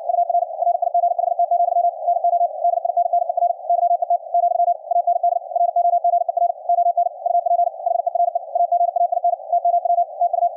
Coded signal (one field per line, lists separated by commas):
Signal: Morse code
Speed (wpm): 61 wpm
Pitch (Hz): 700 Hz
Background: radio noise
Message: UR RIGHT, NO DINNER YET , AND ROGER ON UP HERE AGAIN TMW TU